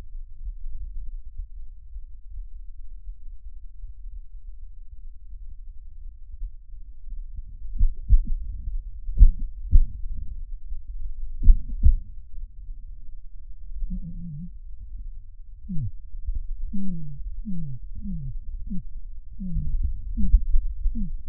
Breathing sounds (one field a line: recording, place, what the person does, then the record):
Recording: lung sounds by stethoscope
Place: right posterior apical chest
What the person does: quiet breathing, then cough and speech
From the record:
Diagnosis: interstitial lung disease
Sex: male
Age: 82 years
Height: 158 cm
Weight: 49 kg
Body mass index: 19.6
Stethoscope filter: bell mode